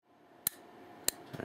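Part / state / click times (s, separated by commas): arming button in a handcuff's locking mechanism / seated / 0.5 s, 1.1 s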